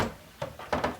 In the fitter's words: just push it down till it locks in place and then